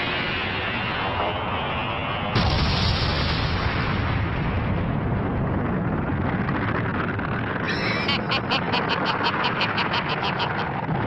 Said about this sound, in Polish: Eksplozja zniszczy jądro.